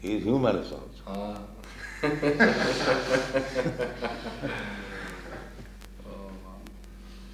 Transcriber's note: laughs